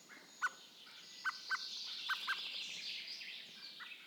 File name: Turdus merula